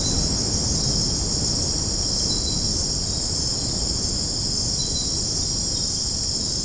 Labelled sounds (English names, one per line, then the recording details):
none
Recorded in secondary vegetation near Puerto Asís, Putumayo, Colombia, on 21 February 2024 at 03:30
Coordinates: 0.489, -76.322
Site G6419